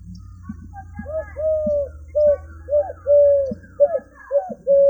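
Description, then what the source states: Eurasian collared dove song: soft hollow coos, a mix of short notes and longer drawn-out ones. Song recorded in February 2015 at Dandoba hill, Sangli.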